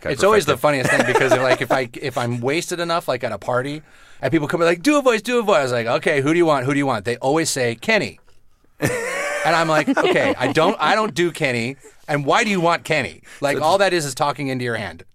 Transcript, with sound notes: It's always the funniest thing because they're, like, if I'm wasted enough, like at a party, and people come, and they're, like, do a voice, do a voice. I was like, okay, who do you want? Who do you want? They always say Kenny. (Soundbite of laughter) And I'm, like, okay, I don't do Kenny, and why do you want Kenny? Like, all that is is talking into your hand.